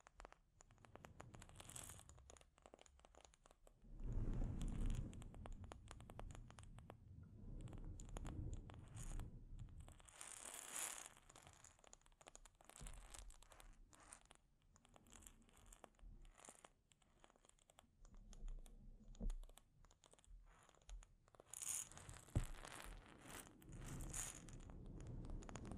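Scratching and tapping on a microphone, with dense, uneven crackles and crunchy rubbing that come in bursts. Heavier, low-toned rubbing swells around 4–9 seconds and again near 19 and 22 seconds, with sharp bright scrapes near 2, 11 and 22 seconds.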